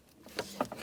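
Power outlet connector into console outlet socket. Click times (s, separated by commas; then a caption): 0.4 s, 0.6 s. While refitting the center console piece on a 1998-2010 Volkswagen Beetle during a driver-side parking brake cable replacement, the electrical connector is plugged into the console's power outlet socket. Two sharp clicks are heard at 0.4 s and 0.6 s over faint background noise. The outlet connector is confirmed clicked in and seated.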